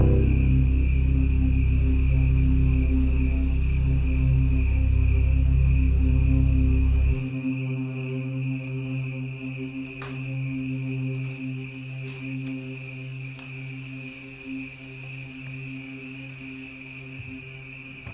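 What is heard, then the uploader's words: Steady layered tones hang throughout, with a high thin cricket-like trill near the top and a low droning hum. Around seven seconds the heavy low rumble drops away and the sound thins and quiets, with a few soft clicks around ten to thirteen seconds. It features the sounds of traffic, riding public transportation, crickets, as well as computer-based guitars, synthesizers, and pipe organs.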